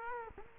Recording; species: mosquito wingbeat signal from an infrared sensor; Culex quinquefasciatus